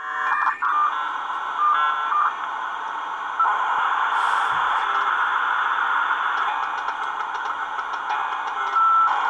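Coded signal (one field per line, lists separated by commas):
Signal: dial-up modem handshake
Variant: several modems at once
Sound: continuous overlapping harsh modem hiss and warble with faint steady tones throughout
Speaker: What is this going to be like with 10 bottoms? It's going to be glorious. >> It's going to be insane. >> Bundling lines. Wow. 946.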